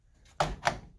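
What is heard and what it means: A graphics card is pushed down into a motherboard PCIe slot until the slot clip locks. A loud, sharp click sounds at 0.4 s, followed by a second, shorter sharp sound at about 0.7 s. The card is seated in the slot.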